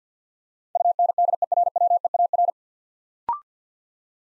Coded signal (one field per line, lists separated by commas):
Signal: Morse code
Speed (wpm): 50 wpm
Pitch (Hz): 700 Hz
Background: none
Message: UNDERWEAR